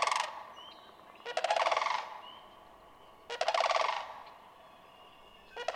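Sandhill crane repeating rolling, trilled calls roughly every two seconds, with faint thin whistles from other birds in the gaps.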